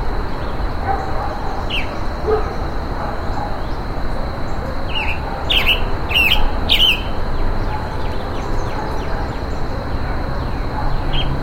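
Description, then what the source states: Roadside hawk giving a cluster of several rasping, buzzy calls, with a few fainter calls, a continuous high whine and low background noise. Calls while being mobbed in humid tropical forest.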